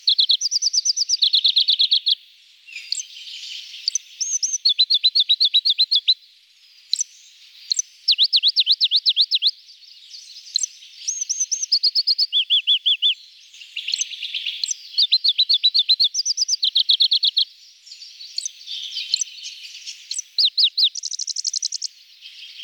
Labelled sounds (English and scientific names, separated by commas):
Pallas's Leaf Warbler (Phylloscopus proregulus) song